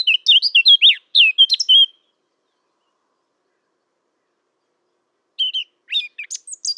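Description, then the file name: Eurasian blackcap song: a two-second burst of fluty, warbling notes, a long silence, then a short second phrase. "Sylvia atricapilla"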